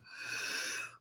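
One loud, hissing, slightly whistling breath lasting about a second in an adult man; noisy airflow through a small, narrowed airway.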